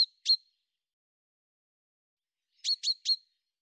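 A bird gives two sharp high chirps, then a pause of about two seconds, then a rapid run of three more.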